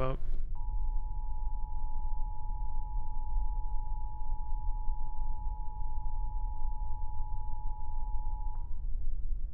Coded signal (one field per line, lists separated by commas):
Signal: Emergency Alert System (SAME) tones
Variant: 853 and 960 Hz attention tone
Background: speech